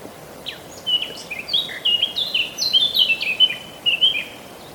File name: Sylvia atricapilla